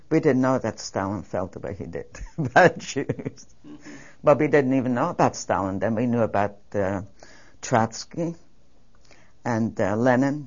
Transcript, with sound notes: We didn't know that Stalin felt the way he did about Jews. (She laughs.) But we didn't even know about Stalin then. We knew about, uh, Trotsky and Lenin.